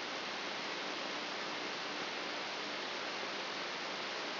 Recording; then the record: brain microelectrode recording played as sound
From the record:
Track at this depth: inside the subthalamic nucleus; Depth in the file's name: 1.427 mm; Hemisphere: left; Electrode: 3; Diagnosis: Parkinson's disease